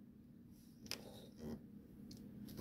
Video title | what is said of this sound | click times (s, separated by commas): Polaris RZR Sequential Combo - Street Legal Kit Install - WD ELECTRONICS | until they're even you'll hear it click or until it's even | 0.9 s